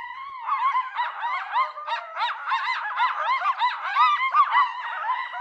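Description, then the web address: Coyotes yelping together, a steady tangle of high, bending yips and short wavering howls, staying busy throughout. Western North America. "Dan Gibson Wildlife Identification By Sound, Western North America. Coyote"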